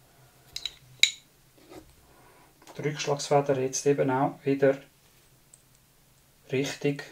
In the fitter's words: push backwards till it snaps into place.